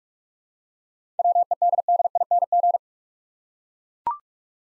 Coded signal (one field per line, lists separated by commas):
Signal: Morse code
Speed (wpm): 44 wpm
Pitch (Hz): 700 Hz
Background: none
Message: WEDDING